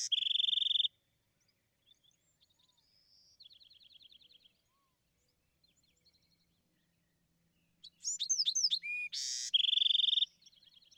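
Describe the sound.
Bewick's wren song: a loud buzzy trill, a soft rapid trill, then a burst of sharp chips, a bright buzz and another loud trill, all high-pitched.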